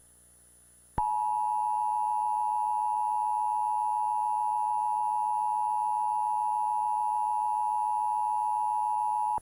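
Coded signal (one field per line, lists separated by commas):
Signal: Emergency Alert System (SAME) tones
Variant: 853 and 960 Hz attention tone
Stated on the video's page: Fictional EAS scenario, a reupload of another creator's work.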